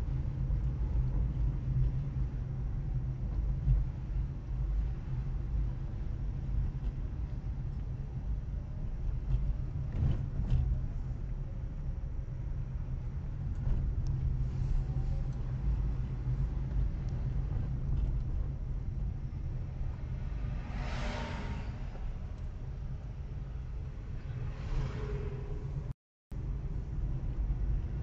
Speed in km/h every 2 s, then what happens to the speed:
27, 22, 23, 20, 19, 20, 17, 23, 26, 20, 18, 12, 15, 22.
0-11 slows to 17. 11-16 speeds up to 26. 16-22 slows to 12. 22-25 speeds up to 22.